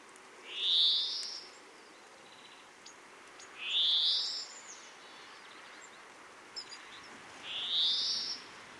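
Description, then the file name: European greenfinch calls: three nasal, buzzy wheezes rising in pitch, spaced roughly three and a half seconds apart, over a quiet hiss. "Chloris chloris"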